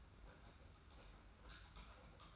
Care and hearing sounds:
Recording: daily activity, microphone in the room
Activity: typing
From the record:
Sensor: 2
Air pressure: 991.6 hPa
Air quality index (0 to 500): 193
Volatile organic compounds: 1000 ppm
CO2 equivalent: 6348 ppm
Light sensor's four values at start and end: 27/85/33/31 and 27/85/33/31

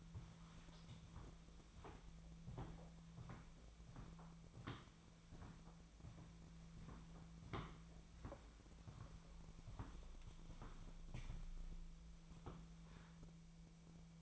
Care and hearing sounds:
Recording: daily activity, microphone in the room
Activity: walk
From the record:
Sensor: 1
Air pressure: 1008.3 hPa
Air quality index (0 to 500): 191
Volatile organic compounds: 17 ppm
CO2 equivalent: 2585 ppm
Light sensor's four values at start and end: 17/42/17/20 and 17/43/17/20

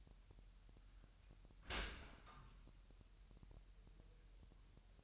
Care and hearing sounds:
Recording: daily activity, microphone in the room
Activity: open dishwasher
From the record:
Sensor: 2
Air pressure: 1000.6 hPa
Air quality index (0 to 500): 247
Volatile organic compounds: 94 ppm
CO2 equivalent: 3710 ppm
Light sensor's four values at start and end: 9/22/9/9 and 9/22/9/9

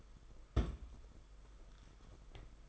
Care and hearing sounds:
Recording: daily activity, microphone in the room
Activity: place on stove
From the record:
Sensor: 5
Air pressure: 991.3 hPa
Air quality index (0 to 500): 91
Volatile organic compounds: 11 ppm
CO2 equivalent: 2293 ppm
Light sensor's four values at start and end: 33/104/40/42 and 32/102/39/42

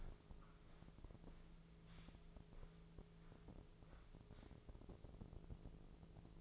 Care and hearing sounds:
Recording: daily activity, microphone in the room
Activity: walk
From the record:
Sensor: 5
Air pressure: 1005.6 hPa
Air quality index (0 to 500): 88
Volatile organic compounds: 2 ppm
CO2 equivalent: 1072 ppm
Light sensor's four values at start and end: 33/76/30/28 and 33/76/30/28

